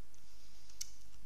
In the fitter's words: la surface plate vers le haut on entend le petit clipse et voilà notre intervention est fini